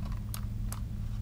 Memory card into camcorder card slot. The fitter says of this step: heard that click it's in that